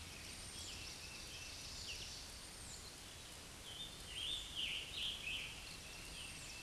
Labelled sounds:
Scarlet Tanager song
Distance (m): 30 m
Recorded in a Pennsylvania forest on 19 May 2023 at 09:09
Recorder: AudioMoth, point grid1_26_low
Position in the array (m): 142 m, 43 m

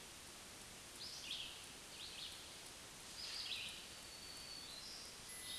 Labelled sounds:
Black-throated Green Warbler song
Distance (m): 50 m
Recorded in a Pennsylvania forest on 1 June 2023 at 07:50
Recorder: AudioMoth, point grid3_24_high
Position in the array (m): 175 m, 222 m

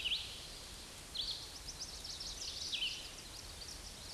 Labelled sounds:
Chestnut-sided Warbler song
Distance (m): 30 m
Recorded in a Pennsylvania forest on 18 May 2023 at 09:53
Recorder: AudioMoth, point grid1_17_low
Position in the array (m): 212 m, 126 m

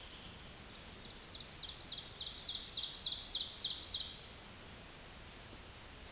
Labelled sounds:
Ovenbird song
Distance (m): 45 m
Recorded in a Pennsylvania forest on 17 May 2023 at 12:47
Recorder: AudioMoth, point grid1_31_low
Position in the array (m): 184 m, 71 m

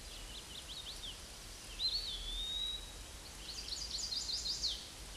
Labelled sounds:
Eastern Wood-Pewee song
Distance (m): 30 m
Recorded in a Pennsylvania forest on 18 May 2023 at 13:41
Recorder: AudioMoth, point grid1_17_low
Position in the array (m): 204 m, 176 m

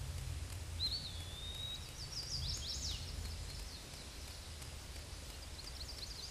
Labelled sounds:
Eastern Wood-Pewee song
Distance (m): 25 m
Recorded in a Pennsylvania forest on 18 May 2023 at 13:39
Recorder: AudioMoth, point grid1_38_low
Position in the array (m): 203 m, 175 m

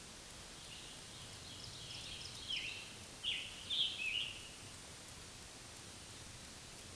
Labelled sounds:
Scarlet Tanager song
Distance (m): 35 m
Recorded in a Pennsylvania forest on 1 June 2023 at 08:09
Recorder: AudioMoth, point grid3_13_high
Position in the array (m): 162 m, 141 m

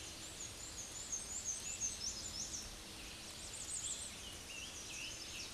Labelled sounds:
Black-and-white Warbler song
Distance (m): 35 m
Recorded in a Pennsylvania forest on 19 May 2023 at 10:18
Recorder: AudioMoth, point grid1_10_low
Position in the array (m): 52 m, 114 m

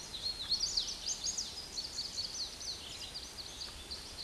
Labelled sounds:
Hooded Warbler song
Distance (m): 35 m
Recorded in a Pennsylvania forest on 18 May 2023 at 09:31
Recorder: AudioMoth, point grid1_12_low
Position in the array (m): 176 m, 150 m

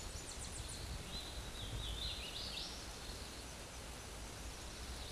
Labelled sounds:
Hooded Warbler song
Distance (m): 35 m
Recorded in a Pennsylvania forest on 18 May 2023 at 13:07
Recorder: AudioMoth, point grid1_37_low
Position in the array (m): 45 m, 199 m

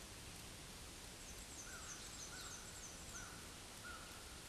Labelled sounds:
Black-and-white Warbler song
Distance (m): 70 m
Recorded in a Pennsylvania forest on 18 May 2023 at 06:16
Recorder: AudioMoth, point grid1_5_low
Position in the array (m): 63 m, 49 m

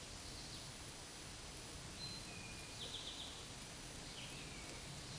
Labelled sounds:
Eastern Towhee song
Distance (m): 60 m
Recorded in a Pennsylvania forest on 17 May 2023 at 13:23
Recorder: AudioMoth, point grid1_7_low
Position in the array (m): 111 m, 105 m

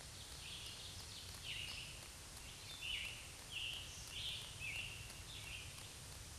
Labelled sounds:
Scarlet Tanager song
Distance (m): 45 m
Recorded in a Pennsylvania forest on 1 June 2023 at 08:06
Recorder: AudioMoth, point grid3_17_low
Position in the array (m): 164 m, 141 m

